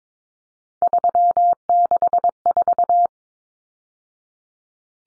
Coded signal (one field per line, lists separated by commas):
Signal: Morse code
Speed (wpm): 22 wpm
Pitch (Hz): 700 Hz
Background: none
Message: 364